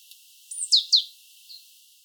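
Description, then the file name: Great tit utters one burst: a high level whistle dropping into two steep falling notes, then a faint short note. "Parus major"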